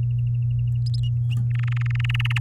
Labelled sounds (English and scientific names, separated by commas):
Domestic Canary (Serinus canaria) song